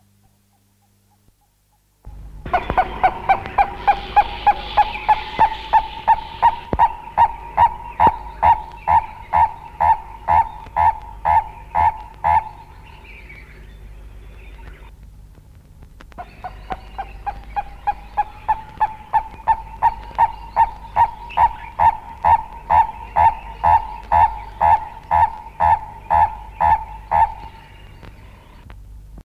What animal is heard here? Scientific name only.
Tauraco porphyreolophus